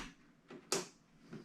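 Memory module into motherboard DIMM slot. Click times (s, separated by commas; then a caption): 0.7 s. A DDR4 memory stick is pressed down into a motherboard DIMM slot until its plastic retention latches snap shut. A sharp click at 0.7 s stands out, with two fainter taps around it. The stick is seated.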